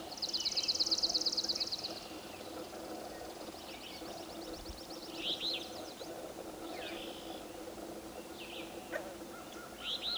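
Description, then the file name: Swamp sparrow trill, a loud, even, high-pitched run of rapid notes for about two seconds, followed by fainter trills and scattered chips over a steady background hum. "Melospiza georgiana"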